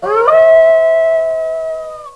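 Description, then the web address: Wolf howl, a single long steady tone rising briefly at the start, then held level for about two seconds before dropping slightly at the end. "ANIMALS SOUNDS WOLF"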